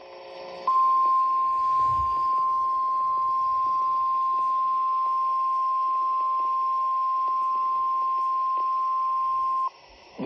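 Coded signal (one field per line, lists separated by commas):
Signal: Emergency Alert System (SAME) tones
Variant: 1050 Hz attention tone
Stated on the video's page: Real EAS alerts.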